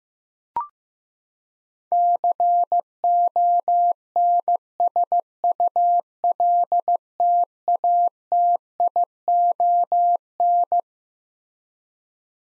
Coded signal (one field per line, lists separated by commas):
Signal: Morse code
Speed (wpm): 16 wpm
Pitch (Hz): 700 Hz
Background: none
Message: CONSULTATION